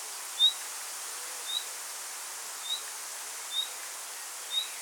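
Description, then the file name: Common nightingale calls: a short, high whistled note repeated roughly once a second, five times, over a steady background hiss. "Luscinia megarhynchos"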